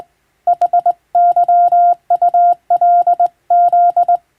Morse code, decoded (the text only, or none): HYULZ